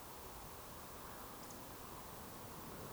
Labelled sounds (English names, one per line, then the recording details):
Eurasian Woodcock whistle
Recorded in Baden-Württemberg, Germany, on 12 June 2020 at 20:23 UTC
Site 43791, 788 m above sea level